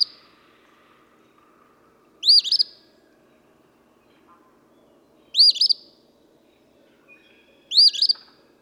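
Eastern phoebe repeating its harsh two-part song phrase three times at slow intervals, after the tail of an earlier one, with faint bird notes.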